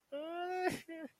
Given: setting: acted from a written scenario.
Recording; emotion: vocal sound without words; distress